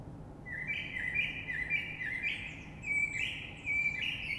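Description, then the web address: Common blackbird song, a continuous fluting warble of rich, varied notes with thin squeaky high flourishes, over low background noise. Recorded 3 March 2020. "oiseaux Rush Merle 3-3-2020"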